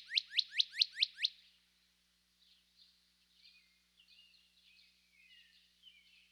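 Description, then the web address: Northern cardinal singing a quick run of six clear, steeply down-slurred whistles, about five per second, followed by faint background chirps. Eastern North America. "Dan Gibson Wildlife Identification By Sound, Eastern North America Pt 2. Northern Cardinal"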